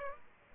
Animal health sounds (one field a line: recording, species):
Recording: mosquito wingbeat signal from an infrared sensor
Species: Aedes aegypti